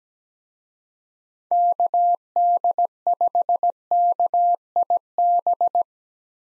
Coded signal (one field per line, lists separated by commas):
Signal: Morse code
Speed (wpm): 17 wpm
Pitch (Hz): 700 Hz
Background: none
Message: KD5KIB